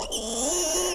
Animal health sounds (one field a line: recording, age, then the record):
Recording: pig call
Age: piglet (1 to 25 days)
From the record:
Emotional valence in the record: negative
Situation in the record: crushing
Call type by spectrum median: high-frequency call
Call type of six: mixed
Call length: 0.95 s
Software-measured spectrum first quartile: 832 Hz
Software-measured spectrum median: 3691 Hz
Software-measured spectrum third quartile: 6969 Hz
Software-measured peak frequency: 629 Hz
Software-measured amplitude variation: 69 dB a second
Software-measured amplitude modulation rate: 20.0 a second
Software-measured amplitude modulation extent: 3.4 dB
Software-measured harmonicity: 4.2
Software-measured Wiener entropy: -2.35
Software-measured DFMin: 1156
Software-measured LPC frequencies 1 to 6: 544, 2928, 3336, 6084, 6911, 8270 Hz